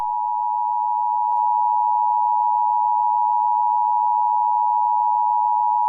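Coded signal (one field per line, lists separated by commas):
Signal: Emergency Alert System (SAME) tones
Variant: 853 and 960 Hz attention tone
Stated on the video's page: Fictional EAS scenario, a made-up alert about SCP 096.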